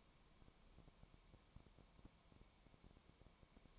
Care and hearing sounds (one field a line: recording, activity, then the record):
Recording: daily activity, microphone in the room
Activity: no activity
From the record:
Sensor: 1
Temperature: 19.1 degrees Celsius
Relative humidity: 34.0%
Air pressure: 1001.3 hPa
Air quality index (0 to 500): 82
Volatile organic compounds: 1 ppm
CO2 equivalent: 818 ppm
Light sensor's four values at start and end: 1/2/1/1 and 1/2/1/1